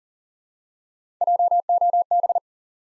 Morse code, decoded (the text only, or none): JOB